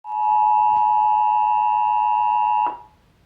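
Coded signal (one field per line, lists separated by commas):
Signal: Emergency Alert System (SAME) tones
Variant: 853 and 960 Hz attention tone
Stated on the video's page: Required Monthly Test broadcast on DirecTV.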